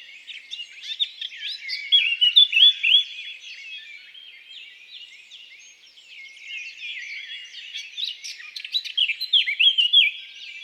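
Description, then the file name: Eurasian blackcap with two song bouts, each a twittering warble rising to loud, clear fluty whistles, separated by a quieter stretch of soft chatter. "Sylvia atricapilla"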